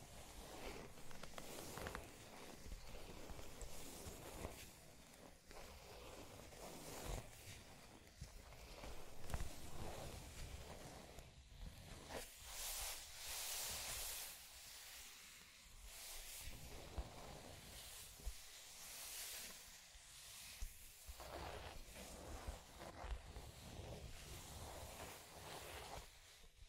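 Scratching and tracing sounds fill the clip in a dense, uneven stream of rough strokes, some low and thudding, others bright and hissy. Louder bursts of bright scraping stand out around 12–14 seconds and again near 19 seconds, with brief quieter gaps between.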